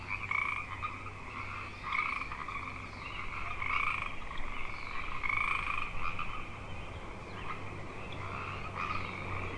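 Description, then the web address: Frogs calling together in a steady trilling chorus that swells now and then, over a low hum. Frog chorus on Grafton Lake, recorded 3 May 2009. "The Frog Chorus Tunes Up On Grafton Lake frogs 090503"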